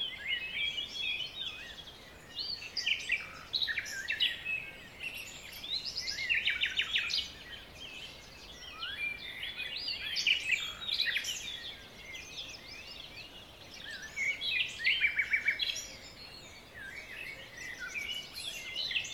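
Songbirds chatter almost continuously, with bursts of bright, quick notes and trills clustering around 4, 7, 10 and 15 seconds. Beneath them runs a soft, steady hiss like rustling leaves or distant flowing water, filling the low end without distinct events.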